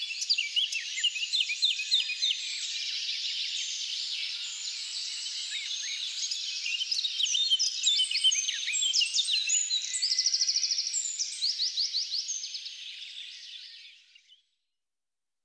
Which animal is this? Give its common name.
Eurasian Blackcap